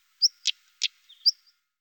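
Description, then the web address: European stonechat calling: a thin high whistle, then two hard ticking clicks like stones knocked together, followed by another whistle. The recording is otherwise quiet. "IVN Zangvogels. Roodborsttapuit"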